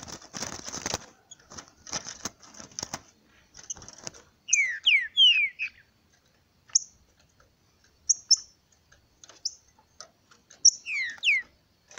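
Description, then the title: Green-winged saltator song: raspy rustling noise first, then a phrase of slurred whistles, scattered high chips, and another short whistled phrase near the end. Kept bird in the bush, singing in competition with a free-living bird. "Trinca Ferro NICÃ O"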